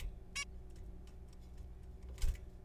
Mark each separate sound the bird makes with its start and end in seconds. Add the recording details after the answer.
0.36-0.44. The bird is a juvenile. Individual R3428